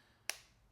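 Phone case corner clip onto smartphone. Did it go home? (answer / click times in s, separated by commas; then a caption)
yes / 0.3 s. A corner clip of a Pitaka MagEZ 5 case is pressed so it snaps over the edge of an iPhone 15 Pro Max. A single sharp, bright click lands at 0.3 s and fades within about a tenth of a second against a quiet background. The clip seats firmly onto the phone.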